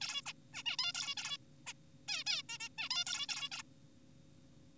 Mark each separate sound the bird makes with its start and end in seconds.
0.01-0.21, 0.26-0.33, 0.54-0.63, 0.66-0.77, 0.79-0.93, 0.95-1.15, 1.17-1.37, 1.67-1.73, 2.08-2.24, 2.27-2.43, 2.49-2.58, 2.60-2.69, 2.78-2.89, 2.91-3.04, 3.07-3.27, 3.29-3.49, 3.52-3.63